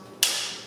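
A torque wrench set to 50 inch-pounds tightens the second nut of a scope mount on a rifle rail. It clicks sharply at 0.2 seconds, a bright, high-pitched snap that rings and fades over the rest of the clip. The click confirms the nut has reached the set torque.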